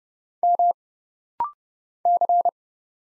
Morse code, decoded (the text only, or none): M C